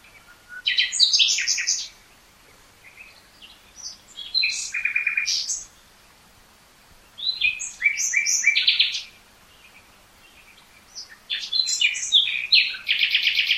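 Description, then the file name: Common nightingale song in separate bursts of vigorous chirps, whistles and buzzy trills, each lasting about two seconds with quiet gaps between. "Luscinia megarhynchos"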